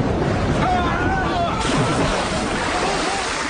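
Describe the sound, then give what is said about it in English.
Heavy sea waves surge and slosh against a small boat being rowed for the shore, in a loud, steady roar of churning water, with indistinct voices faintly beneath the noise. “Row for the shore, for the sea pounds us into matchwood against our own hull.”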